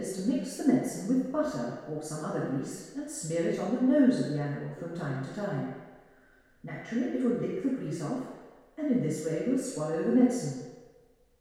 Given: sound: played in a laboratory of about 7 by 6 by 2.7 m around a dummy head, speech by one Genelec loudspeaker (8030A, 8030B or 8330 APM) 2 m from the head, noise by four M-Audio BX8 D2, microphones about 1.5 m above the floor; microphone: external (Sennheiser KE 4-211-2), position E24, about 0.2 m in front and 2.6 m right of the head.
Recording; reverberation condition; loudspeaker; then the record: female speech in English; high; 60 degrees to the right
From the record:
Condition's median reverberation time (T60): about 1300 ms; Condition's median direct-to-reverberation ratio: about -4.0 dB